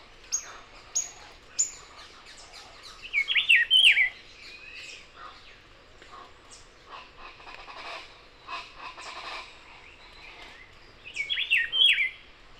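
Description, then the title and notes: Rufous-browed Peppershrike repeating its rich, warbled song phrase twice, roughly eight seconds apart, with scattered chips and thin whistles from other birds. Recorded in the foreground at 6:00 a.m. on 28 March 2026 in Barichara, Santander, Colombia; Zoom H5 recorder with Crake Sound microphone. "28 de marzo del año 2026, en Barichara, Santander, Colombia. 6:00 a.m. en primer plano un Cyclarhis gujanensis o Vireón cejirrufo, un grupo de Ortalis columbianas o Guacharacas y varios Machetornis rixosa o Sirirís bueyeros"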